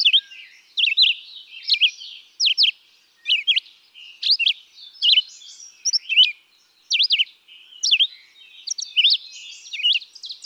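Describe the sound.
Red-eyed vireo song: short, clear whistled phrases, each slurred up or down, delivered in a steady run with brief pauses between.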